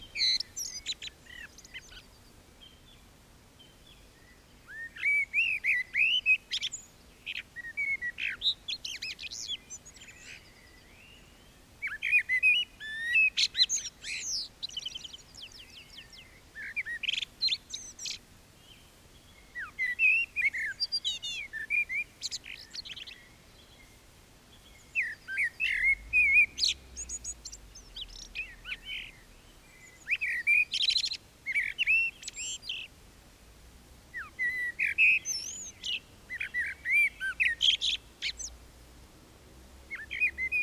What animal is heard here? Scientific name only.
Turdus merula